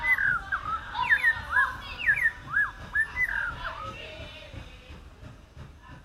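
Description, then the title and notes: African Thrush giving sharp, slurred whistled phrases for about four seconds before fading. West African thrush song, Nkolmbong-Nord neighbourhood, Émana, Yaoundé, Cameroon, 2 December 2023, 5:03 p.m.; recorded on an iPhone 7, amplified. "Topographie sonore du quartier : la grive kurrichane. Nkolmbong-Nord neighborhood, Émana, Yaoundé 1, Cameroon. December 2, 2023, 5:03 p.m. Sounds captured: song of a west african thrush"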